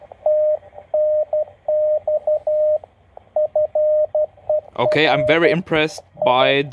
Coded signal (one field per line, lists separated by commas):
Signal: Morse code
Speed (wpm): 12 wpm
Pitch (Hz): 610 Hz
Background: speech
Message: TNX FER EI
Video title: New chinese uSDX handheld QRP transceiver unboxing, review, manual guide and first QSO´s on Youtube